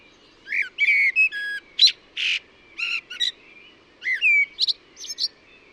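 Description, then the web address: Bird delivering a varied string of clear whistles and high chirps, with a short pause before a final whistled phrase. "cianscape birddata Deverinetal 2025 Bird Only Tu Me Tu Me"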